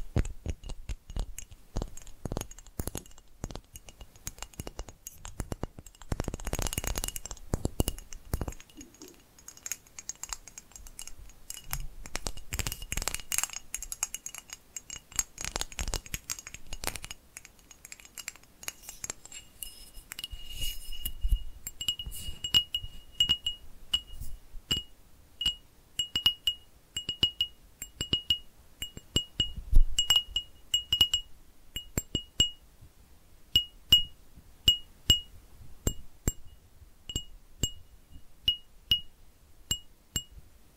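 Quick, crisp tapping plays almost without pause, with dense flurries around 6 to 8 and 13 to 15 seconds and sparser stretches between. Many taps carry a thin, bright glassy ring, and after about 25 seconds they settle into a steadier, evenly spaced rhythm.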